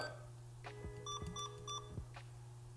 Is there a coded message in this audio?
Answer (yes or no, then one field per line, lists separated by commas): no